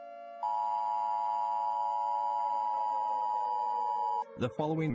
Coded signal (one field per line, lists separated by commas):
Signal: Emergency Alert System (SAME) tones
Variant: 853 and 960 Hz attention tone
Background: speech